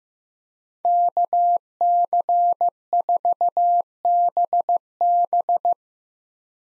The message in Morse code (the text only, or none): KC4BB